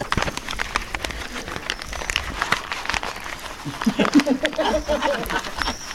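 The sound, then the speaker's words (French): A sheet of newspaper, held on a person's chest, being crumpled and crinkled next to the microphone to make a fire sound: a dense run of sharp crackles and rustles, with a voice speaking briefly near the end. “Le met sur son thorax et il le froisse. Il le froisse avec le micro à côté.”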